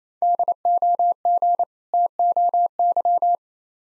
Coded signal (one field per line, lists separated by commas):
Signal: Morse code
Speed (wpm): 27 wpm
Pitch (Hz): 700 Hz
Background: none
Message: DOG TOY